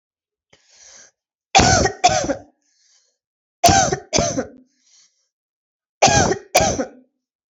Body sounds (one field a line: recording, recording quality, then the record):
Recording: heavy voluntary cough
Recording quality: excellent, no background noise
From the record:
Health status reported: healthy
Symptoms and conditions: none ticked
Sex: female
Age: 20 years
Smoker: not ticked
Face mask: not worn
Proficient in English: yes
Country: India